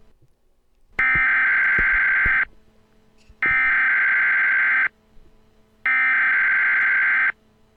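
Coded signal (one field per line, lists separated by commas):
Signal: Emergency Alert System (SAME) tones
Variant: header bursts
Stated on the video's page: Simulated test on a WS4000 weather display emulation with commercials.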